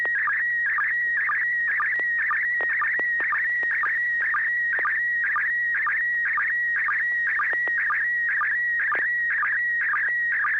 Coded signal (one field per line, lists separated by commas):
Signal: SSTV (slow-scan television)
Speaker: joel were you able to copy this photo from neil